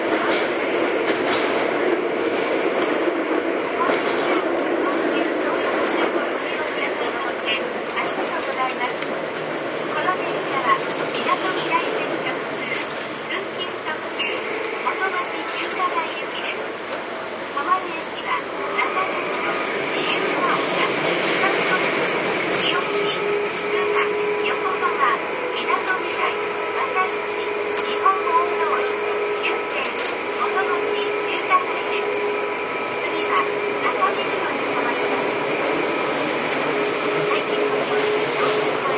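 A Tobu 9000 series train rumbles along with a steady, dense roar, its motor whine rising into sustained tones after about twenty seconds, voices faintly present.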